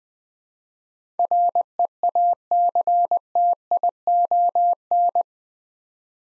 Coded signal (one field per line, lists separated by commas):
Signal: Morse code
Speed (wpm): 20 wpm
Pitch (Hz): 700 Hz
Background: none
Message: REACTION